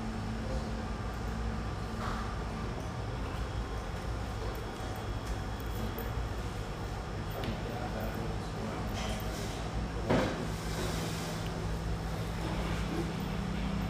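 Steady hum inside an espresso house, a dense low drone with a faint murmur that could be voices underneath. A few clinks and knocks break through, near 2, 7 and 9 seconds, with the sharpest just after 10 seconds, and a low whine joins soon after.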